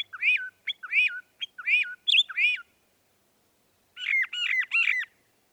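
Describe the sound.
Northern mockingbird song: a slurred falling note repeated three times, a higher variant, then a pause and a different phrase repeated three times.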